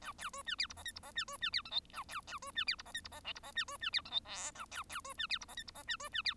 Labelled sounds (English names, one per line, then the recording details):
Bengalese Finch song
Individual Bird1